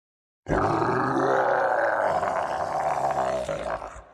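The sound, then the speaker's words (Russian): A single furious roar from a burned, wounded small god, loud and sustained for over three seconds, rough and growling with a deep rasping tone that slowly sinks in pitch before cutting off, echoing through underground corridors. “Рык полной ярости ударил во все стороны и эхом загулял в подземных коридорах.”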